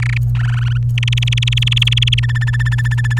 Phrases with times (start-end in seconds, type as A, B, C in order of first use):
0.00-0.18 A, 0.35-0.77 B, 0.98-2.20 C, 2.23-3.20 D